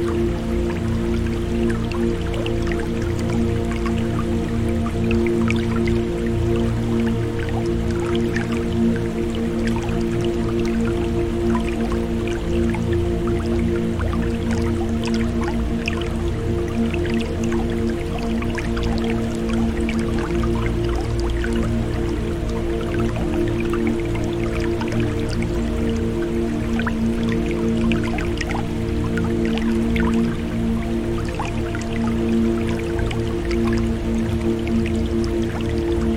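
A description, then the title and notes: Nature sounds blend with ambient music: steady sustained low tones hold throughout the 36 seconds, layered over a dense wash of water. Small drips and trickling clicks scatter constantly across the upper range, and the overall level stays even from start to finish. Riverbank Reflections: Nature Sounds and Ambient Music.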